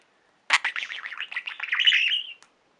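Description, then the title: Budgerigar warble: a two-second run of fast, buzzy, wavering chirps that climbs slightly and ends in a drawn-out note, surrounded by silence. "Budgie Sounds"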